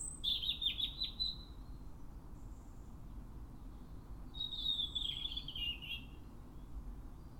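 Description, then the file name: European robin song, two high, tinkling warbled phrases separated by a few seconds of quiet, over soft low background noise. "Erithacus rubecula"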